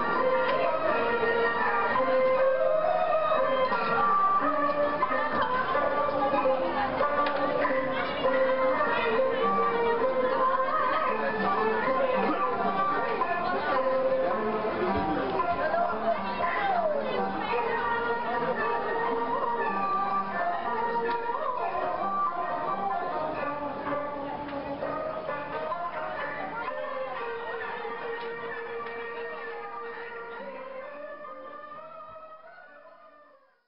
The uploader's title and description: woman singing at Wangfujing Street Market. A woman sings a classical Chinese song above the Wangfujing Street Market, mixing with the early evening sounds of central Beijing, China.